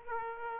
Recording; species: mosquito wingbeat signal from an infrared sensor; Aedes aegypti